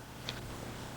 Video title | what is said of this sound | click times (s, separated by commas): 修66: 傳統電風扇擺頭維修：更換齒輪箱與上油教學，簡單修好不停擺風扇！#電風扇維修 #擺頭齒輪箱 #風扇保養#FanRepair #OscillatingFanFix 阿寶頻道 ACL Abao | 起来，这一根东西它只是卡进去而已，用力拔它就可以拔出来，像这个样子。 | 0.3 s